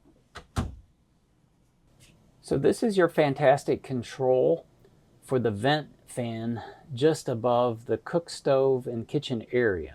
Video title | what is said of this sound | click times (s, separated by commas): 2026 Newmar Bay Star Operational Overview | Locks into place on both sides. | 0.4 s